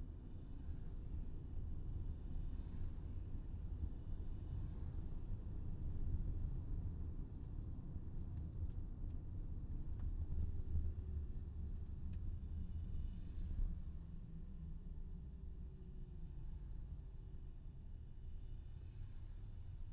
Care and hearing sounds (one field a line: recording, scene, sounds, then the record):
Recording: everyday scene through a hearing-aid microphone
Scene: in a vehicle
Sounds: engine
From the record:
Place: VW T5 Caravelle, diesel engine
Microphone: in the ear canal, left